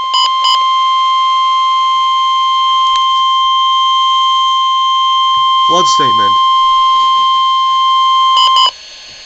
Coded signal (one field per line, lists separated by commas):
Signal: Emergency Alert System (SAME) tones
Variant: 1050 Hz attention tone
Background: speech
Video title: NOAA - Flood Statement!!! (EAS #658)